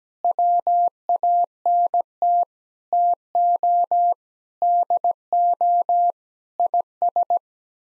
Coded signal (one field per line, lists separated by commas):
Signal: Morse code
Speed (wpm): 17 wpm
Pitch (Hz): 700 Hz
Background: none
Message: WANT TO DO IS